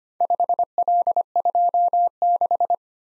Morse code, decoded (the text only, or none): 5L26